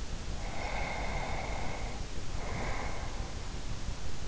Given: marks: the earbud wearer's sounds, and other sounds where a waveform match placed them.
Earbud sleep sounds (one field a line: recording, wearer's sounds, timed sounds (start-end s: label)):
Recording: sounds in sleep by an in-ear microphone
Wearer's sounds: breath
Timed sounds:
0.47-3.45 s: breath